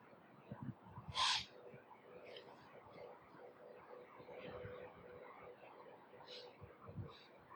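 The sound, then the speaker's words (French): A roe deer's alarm call when disturbed: one loud, harsh, raspy bark rings out early, followed by a few fainter similar bursts over a low, rustling background. “Ça, c'est chevreuil qui se dérange.”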